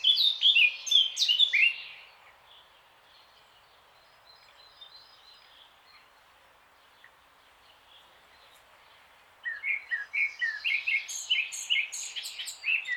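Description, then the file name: Eurasian blackcap song, a short scratchy burst of warbling, then a long quiet pause before another vigorous, chattering, whistled phrase resumes. "Sylvia atricapilla"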